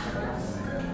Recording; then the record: background sound without coughing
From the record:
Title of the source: 60 minutes of coffee shop sounds for study and concentration